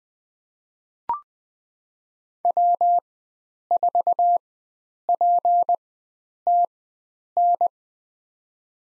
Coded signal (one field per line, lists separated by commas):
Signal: Morse code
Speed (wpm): 20 wpm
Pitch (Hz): 700 Hz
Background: none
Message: W4PTN